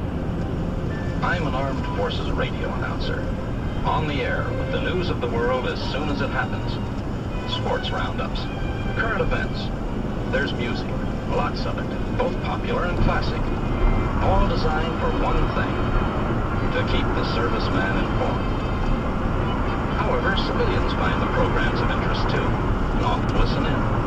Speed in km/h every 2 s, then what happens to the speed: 106, 105, 106, 106, 106, 108, 111, 113, 113, 114, 116, 118.
0-9 steady at about 106. 9-24 speeds up to 118.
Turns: none.